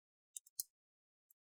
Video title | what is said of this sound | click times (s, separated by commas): How to Repaste and Clean Your HP Pavilion 15 p010 Laptop | You want to hear the click sound. That's why the clips are getting loosened. | 0.4 s, 0.6 s